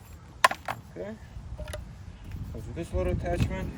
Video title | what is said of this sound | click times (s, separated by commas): Setup & Review of the Cheapest $89 Pressure Washer on Amazon - Tool for car wash foam cannon? | The same way over here, just snaps right in. | 0.4 s